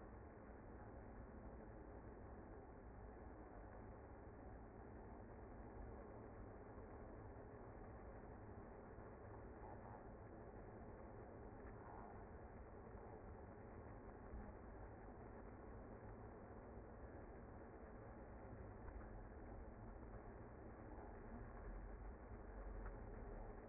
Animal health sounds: honeybee colony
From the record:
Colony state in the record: active

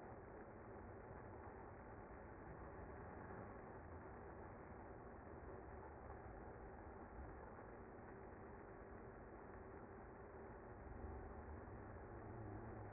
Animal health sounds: honeybee colony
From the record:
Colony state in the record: active

